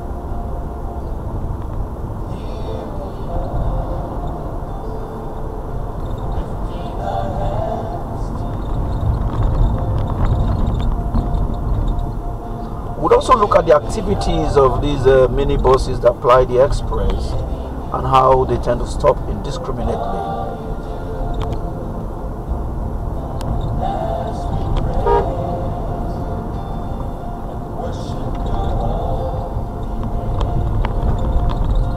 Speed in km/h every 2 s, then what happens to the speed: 50, 52, 53, 55, 55, 50, 45, 37, 37, 42, 47, 50, 52, 53, 48, 45.
0-7 steady at about 52. 7-14 slows to 37. 14-24 speeds up to 52. 24-32 slows to 45.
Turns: none.